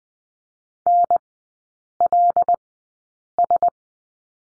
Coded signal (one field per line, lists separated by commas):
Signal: Morse code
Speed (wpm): 20 wpm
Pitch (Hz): 700 Hz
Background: none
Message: NLS